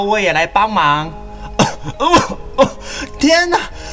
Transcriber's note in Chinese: 咳嗽